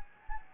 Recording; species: mosquito wingbeat signal from an infrared sensor; Anopheles gambiae